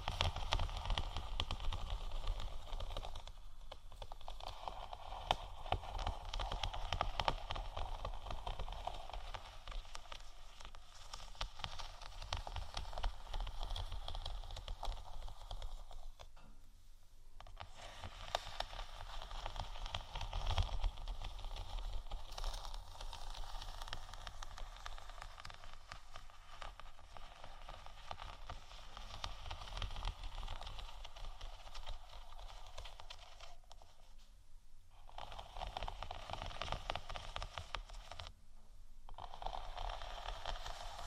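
Gentle scratching and tapping on faux leather runs almost without a break, a dense, rustling scrape with a low rumble underneath. The level stays fairly even, dropping into brief pauses around 4, 17, 35 and 39 seconds.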